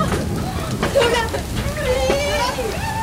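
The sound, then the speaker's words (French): Steady rain from a thunderstorm after a heatwave hisses and patters throughout, a dense even wash of noise, while voices rise and fall over it with drawn-out, sing-song tones. “Immobiles, les bras écartés, on a profité des premières gouttes qui tombaient.”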